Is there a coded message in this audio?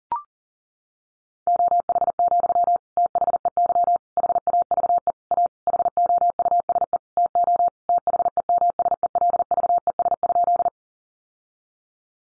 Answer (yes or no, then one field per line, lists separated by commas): yes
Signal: Morse code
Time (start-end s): 1.5-10.7 s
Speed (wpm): 40 wpm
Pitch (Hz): 700 Hz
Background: none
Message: OH, THEY HAVE A HOUSE TO THEMSELVES?